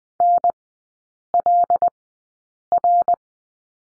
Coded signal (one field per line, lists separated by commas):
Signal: Morse code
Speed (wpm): 20 wpm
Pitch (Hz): 700 Hz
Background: none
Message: N L R